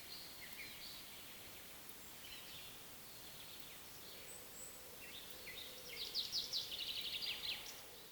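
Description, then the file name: Common chaffinch calling: a few faint, thin notes early, then a brighter burst of quick repeated high notes near the end, over steady background hiss. "Fringilla coelebs"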